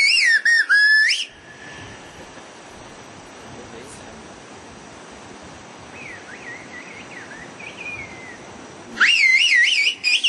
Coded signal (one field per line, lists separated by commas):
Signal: whistled language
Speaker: وتعالوا نشوف مجموعه الفيديوهات عن المواضيع